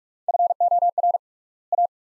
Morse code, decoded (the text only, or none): FOR A